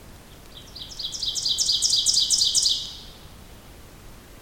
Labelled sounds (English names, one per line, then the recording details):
Ovenbird song
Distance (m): 15 m
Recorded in boreal forest in Alberta, Canada, on 2 June 2016 at 07:09
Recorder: SongMeter 3, array SBT-3-7
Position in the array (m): 47 m, 158 m
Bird 4